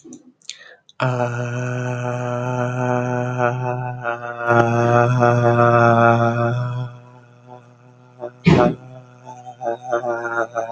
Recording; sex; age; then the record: vowel held as long as possible; male; 20 to 29 years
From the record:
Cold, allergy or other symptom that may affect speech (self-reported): no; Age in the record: 26 years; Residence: Ohio, United States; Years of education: 18